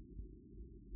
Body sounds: neck accelerometer signal played as sound; no cough (speech, laughter, throat clearing or background)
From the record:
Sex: male

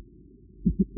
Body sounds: neck accelerometer signal played as sound; voluntary cough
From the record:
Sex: female

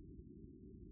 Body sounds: neck accelerometer signal played as sound; no cough (speech, laughter, throat clearing or background)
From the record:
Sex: male

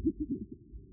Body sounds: neck accelerometer signal played as sound; no cough (speech, laughter, throat clearing or background)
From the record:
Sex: female

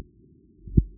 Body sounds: neck accelerometer signal played as sound; no cough (speech, laughter, throat clearing or background)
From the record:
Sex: male

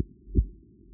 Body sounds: neck accelerometer signal played as sound; voluntary cough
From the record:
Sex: female

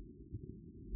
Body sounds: neck accelerometer signal played as sound; no cough (speech, laughter, throat clearing or background)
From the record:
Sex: female

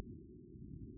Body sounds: neck accelerometer signal played as sound; no cough (speech, laughter, throat clearing or background)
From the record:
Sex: male

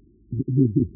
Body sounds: neck accelerometer signal played as sound; no cough (speech, laughter, throat clearing or background)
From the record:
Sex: male

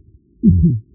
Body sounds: neck accelerometer signal played as sound; voluntary cough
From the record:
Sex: male

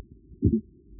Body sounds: neck accelerometer signal played as sound; voluntary cough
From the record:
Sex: male

